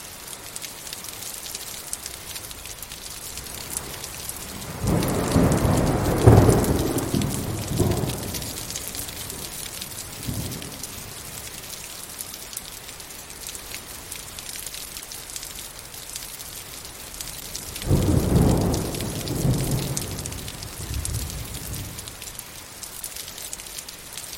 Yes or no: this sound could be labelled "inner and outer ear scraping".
no